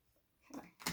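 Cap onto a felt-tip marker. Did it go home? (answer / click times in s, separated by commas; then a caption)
no / none. A plastic cap is being put back onto a black felt-tip marker after use. After near silence, a soft handling rustle comes around 0.5 s and a sharper, louder tap near 0.9 s. The clip ends before the cap goes home; nothing has seated or clicked yet.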